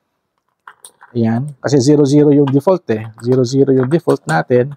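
Zipper pulls are pushed into the built-in combination lock on a hard-shell U Elements Elite Ford Organizational Luggage suitcase to lock it, and a sharp click is heard at 0.7 s as the pull locks into the luggage lock. A few fainter ticks follow before someone talks, and the zipper is then checked and confirmed not to open.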